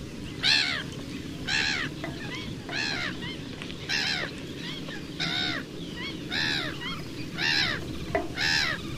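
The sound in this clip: Black-headed gull giving harsh, arched calls about once a second, each a rising-then-falling harmonic squeal, with a few softer calls between and low rumbling background noise.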